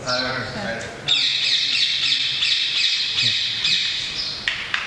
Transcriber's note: loud noise of bird; someone claps hands